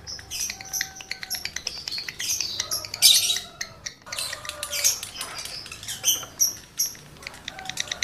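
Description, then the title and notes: Lovebird chattering song, a fast run of sharp high clicks and squeaky twitters with brief louder shrill bursts. Male lovebird in breeding condition; its singing is used as a lure to stimulate other lovebirds to sing. "Birahi Lovebird Jantan ke Gacor. Pancingan Suara Lovebird jantan birahi"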